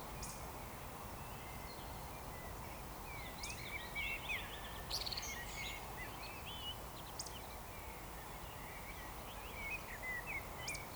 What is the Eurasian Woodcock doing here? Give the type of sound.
whistle